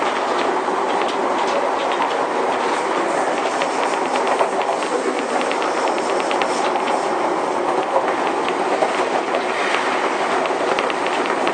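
A commuter train rides between stations with a steady, dense rumble and hiss that holds an even level for the whole stretch. Faint rapid clicks and brief bright ticks from the wheels and car run through it, with no announcements or clear pauses.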